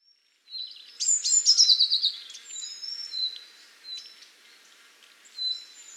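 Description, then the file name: Eurasian blue tit with a loud burst of high chirps and a fast buzzy trill early on, followed by softer scattered thin notes. "Cyanistes caeruleus"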